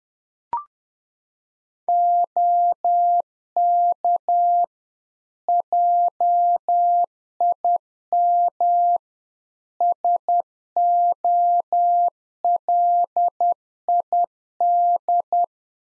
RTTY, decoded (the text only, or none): none